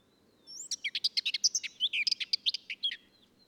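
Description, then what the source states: Ménétries's warbler song: a rapid, scratchy warble of chattering notes and brief whistles, about two and a half seconds long, high-pitched and jumbled, with a faint low hum underneath. Song recorded from a clifftop.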